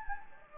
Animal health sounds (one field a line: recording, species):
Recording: mosquito wingbeat signal from an infrared sensor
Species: Anopheles gambiae